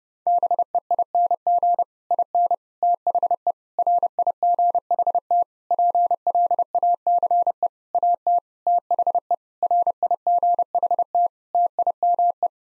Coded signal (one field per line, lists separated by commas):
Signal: Morse code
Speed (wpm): 30 wpm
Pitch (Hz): 700 Hz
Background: none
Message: BEING IN THE RIGHT PLACE AT THE RIGHT TIME